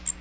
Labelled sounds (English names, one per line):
Magnolia Warbler flight call